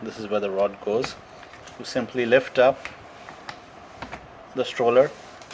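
Someone talks while lifting a LuvLap Joy baby stroller to fit the front wheel assembly, sliding its rod into the hole in the plastic stroller frame, with a few short handling taps between phrases. The wheel has not seated or clicked into place yet.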